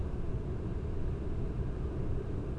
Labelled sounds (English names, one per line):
none